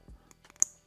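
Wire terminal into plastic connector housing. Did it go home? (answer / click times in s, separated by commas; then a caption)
yes / 0.6 s. A second wire terminal is pushed into a plastic connector housing and locks with a sharp click at 0.6 s, confirming it is seated. Faint lighter ticks come just before it. No one talks during the clip.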